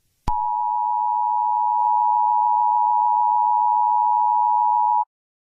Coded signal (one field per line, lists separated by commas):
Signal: Emergency Alert System (SAME) tones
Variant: 853 and 960 Hz attention tone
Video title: Eas Scenario 7: USA Independence Day war